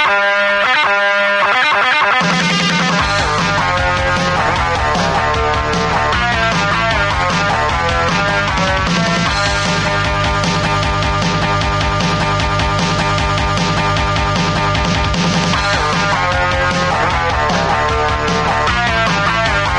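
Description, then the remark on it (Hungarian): A rock arrangement of a radio show jingle: a brief sparse opening, then distorted guitars, bass and steady pounding drums crash in and play loud and dense throughout, with no voices. “Tévedtem, ez a rock változat volt, ez szerintem a hangszerelésen hallatszott is”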